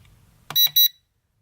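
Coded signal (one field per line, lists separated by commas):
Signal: beep code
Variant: RC drone transmitter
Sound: a click followed by two short high-pitched electronic beeps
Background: quiet room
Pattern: 2 short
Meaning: Second speed selected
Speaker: he had two beeps that's the second speed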